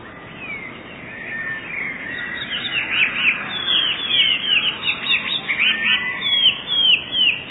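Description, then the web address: Eurasian blue tit song, starting with soft notes that build into dense, bright, rapidly repeated chirps from about two and a half seconds on. "wroblowe teka spiew. modraszkoteka"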